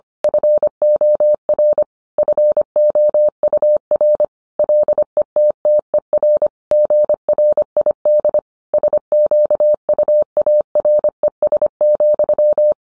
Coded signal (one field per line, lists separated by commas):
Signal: Morse code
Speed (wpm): 25 wpm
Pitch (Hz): 600 Hz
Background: none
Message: FOR FOUR LETTER GRID SQUARES,